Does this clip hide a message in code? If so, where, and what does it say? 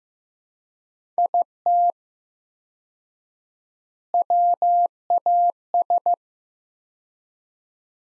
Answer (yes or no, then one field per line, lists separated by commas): yes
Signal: Morse code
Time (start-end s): 1.2-6.1 s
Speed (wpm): 15 wpm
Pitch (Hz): 700 Hz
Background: none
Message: IT WAS